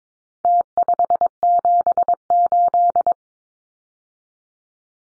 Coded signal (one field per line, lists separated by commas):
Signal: Morse code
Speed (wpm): 22 wpm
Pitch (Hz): 700 Hz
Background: none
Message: T578